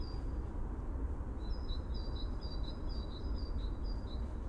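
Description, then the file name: Dunnock calls: thin, high notes in a quick series, switching between two pitches, over a steady low rumble. "Prunella modularis - Dunnock"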